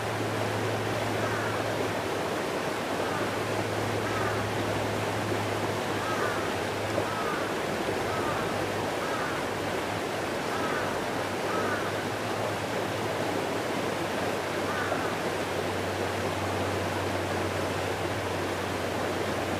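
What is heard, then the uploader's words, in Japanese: A river rushes steadily for the whole stretch, a dense, unbroken wash of water noise with no pauses. A low hum sits underneath, fading in and out, and faint chirping bird calls flicker in now and then through the middle. 川の音。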